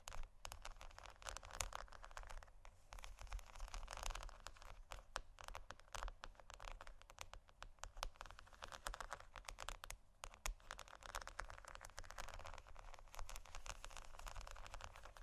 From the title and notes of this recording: ASMR Scratching & Tapping On Pearls（No Talking）.